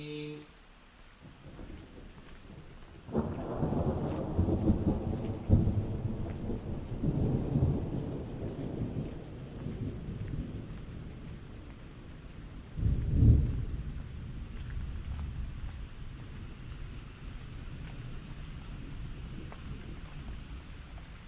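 Thunder rolls over steady rain, with a long deep rumble beginning around three seconds and fading slowly over the next several seconds. A second, sharper crack of thunder comes near thirteen seconds. Between them, the rain keeps up a dense, even hiss.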